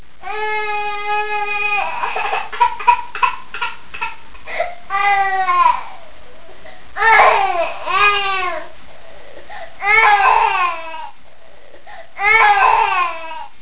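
A baby cries in repeated wailing bursts, about five over thirteen seconds, each a strong pitched cry that bends downward, with short breaths and whimpers between. The crying sounds ordinary, heard as a sound effect in a small room.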